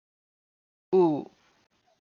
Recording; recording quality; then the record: sustained vowel as in boot; excellent, no background noise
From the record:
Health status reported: healthy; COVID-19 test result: not tested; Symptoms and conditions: none ticked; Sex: male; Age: 42 years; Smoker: not ticked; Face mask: not worn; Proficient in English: yes